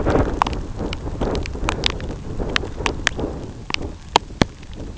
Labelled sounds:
none

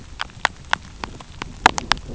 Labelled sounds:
none

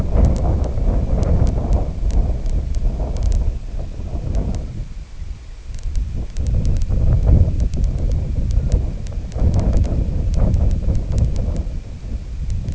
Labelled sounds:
none

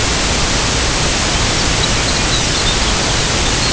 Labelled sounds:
Lapland Longspur

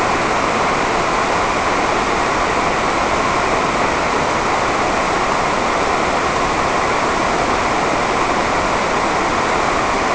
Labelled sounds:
none

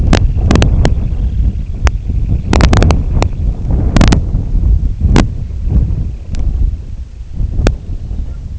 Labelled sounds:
Semipalmated Sandpiper
unidentified sound

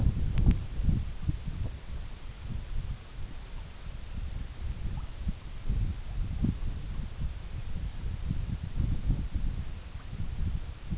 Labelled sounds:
none

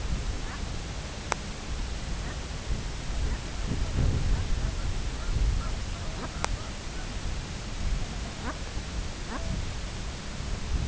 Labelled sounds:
Brent Goose
unidentified sound

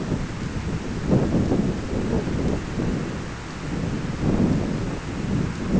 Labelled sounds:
none

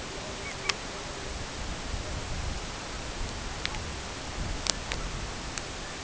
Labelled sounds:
Pectoral Sandpiper
unidentified sound

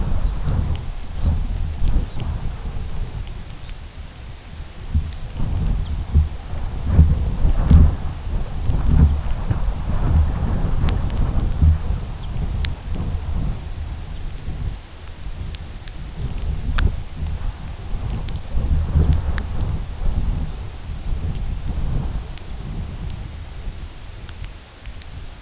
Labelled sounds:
Red Phalarope
Lapland Longspur

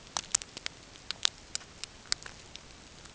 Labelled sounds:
none

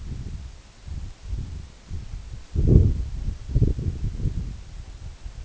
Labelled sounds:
King Eider

